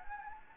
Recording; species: mosquito wingbeat signal from an infrared sensor; Anopheles gambiae